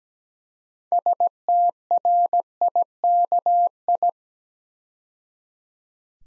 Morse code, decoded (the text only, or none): STRIKI